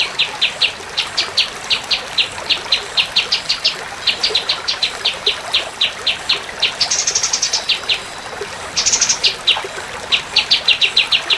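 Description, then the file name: Orange-spotted bulbul giving quick, sharp chip notes in rapid rhythmic runs, with a few higher, buzzier bursts partway through; steady faint background hiss. "kapas tembak"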